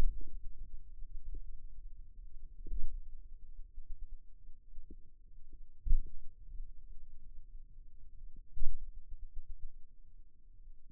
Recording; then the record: forearm muscle sounds (acoustic myography)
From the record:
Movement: finger pinch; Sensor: system 2, bracelet of six BSWA MPA416 microphones around the upper forearm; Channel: 1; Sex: male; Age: 22 years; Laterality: right